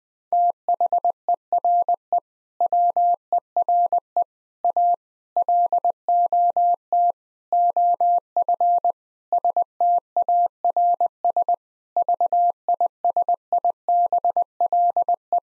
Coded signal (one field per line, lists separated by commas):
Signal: Morse code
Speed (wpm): 20 wpm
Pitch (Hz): 700 Hz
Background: none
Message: THERE WERE A LOT OF STARS VISIBLE